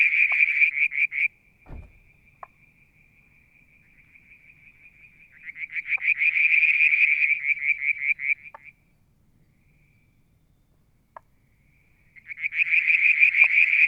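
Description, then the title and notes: Frog chorus of rapid high pulsed trills that fade to a thin steady note and near silence, then return, with one low thump and a few clicks. Striped marsh frog, Verreaux's tree frog and an unidentified frog; Mount Wilson, New South Wales, Australia; July 2022; evening near a water tank. "Frog song, Mount Wilson, New South Wales, Australia in July 2022 – by Alexander Moffatt. Limnodynastes Peronii, Litoria Verreauxii and a mystery frog one evening near the water tank"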